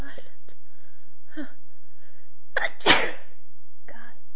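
An adult female sneezing violently.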